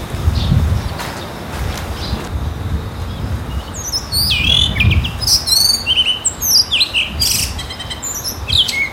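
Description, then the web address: Blue rock thrush song: after a quiet opening, a lively run of high chirps and twittering phrases, with low rumbling noise underneath. Recorded during a live walk at Azamidani. "raivu sansaku azamidani sound bird isohiyodori"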